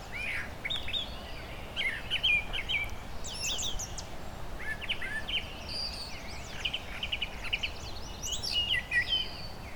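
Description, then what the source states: Brown Thrasher song, varied chirped and whistled phrases in bursts with short gaps between them, over low steady background noise. Mimicry song at Long Point Provincial Park in spring, in shrubby parkland meadow with tall trees; holds mimicked phrases longer than a mockingbird, slower tempo, gaps between bouts.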